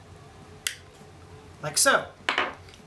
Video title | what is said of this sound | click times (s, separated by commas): Glock 43 How to Replace Slide lock, magazine release, backstrap, and grip plug | bit and you push it till it clicks like so | 0.7 s